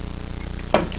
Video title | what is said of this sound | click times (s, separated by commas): Amazon Reel Review | lock it into place. And that should be locked into place. | 0.7 s